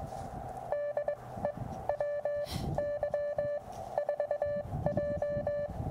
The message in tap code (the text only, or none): none